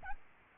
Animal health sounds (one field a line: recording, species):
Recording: mosquito wingbeat signal from an infrared sensor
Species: Aedes albopictus